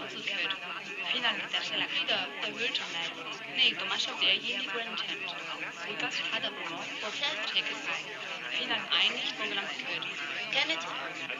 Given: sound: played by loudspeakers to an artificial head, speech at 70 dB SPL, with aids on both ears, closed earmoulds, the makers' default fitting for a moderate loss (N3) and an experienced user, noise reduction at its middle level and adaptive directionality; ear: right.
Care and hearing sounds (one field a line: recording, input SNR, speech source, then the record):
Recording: speech test signal (ISTS) in cocktail-party noise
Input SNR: -3 dB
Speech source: in front (0 degrees)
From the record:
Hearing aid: class 1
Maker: G